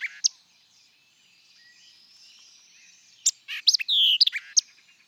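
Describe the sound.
White-eyed vireo song: a couple of notes, a stretch of soft background hiss, then one emphatic phrase of sharp chips and a drawn-out slurred whistle, closing with a crisp note.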